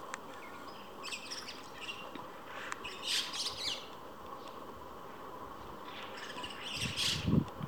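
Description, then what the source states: White-cheeked starlings uttering rasping, scratchy calls in three short clusters separated by quieter stretches, a brief low thump near the end. Several pairs perched in a row at even spacing along an electric wire, occasionally squabbling noisily with harsh chattering.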